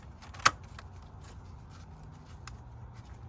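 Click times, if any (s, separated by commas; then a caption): 0.5 s. A plastic wiring harness connector is plugged back onto an ignition coil on a 2010-2013 Acura ZDX after the harness is pushed down into place, during PCV valve installation. A sharp click at 0.5 s marks the connector latching in and seating, followed by a fainter tick at 2.5 s over a low steady background hum.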